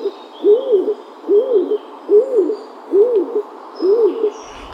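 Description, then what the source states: Stock Dove cooing: five low, hollow coos, each rising and falling, about once a second, with faint bird sounds behind. Rarely seen but loudly heard when one is in a small wood.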